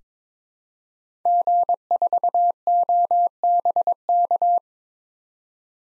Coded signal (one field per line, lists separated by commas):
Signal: Morse code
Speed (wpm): 22 wpm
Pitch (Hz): 700 Hz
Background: none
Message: G4OBK